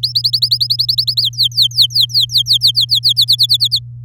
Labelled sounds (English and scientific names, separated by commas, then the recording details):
Domestic Canary (Serinus canaria) song
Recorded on 10 May 2018 at 06:26
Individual llb16